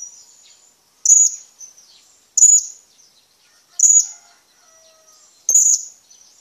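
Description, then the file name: Blue-crowned hanging parrot calling: four loud, shrill, high-pitched squeaks, each about one and a half seconds apart, with faint twitters between. "suara burung serindit"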